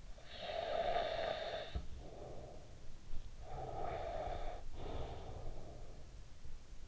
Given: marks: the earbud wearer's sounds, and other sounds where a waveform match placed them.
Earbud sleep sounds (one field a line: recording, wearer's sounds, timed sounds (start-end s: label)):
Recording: sounds in sleep by an in-ear microphone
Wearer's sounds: snoring breath, breath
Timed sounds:
0.00-3.28 s: snoring breath
3.28-6.66 s: breath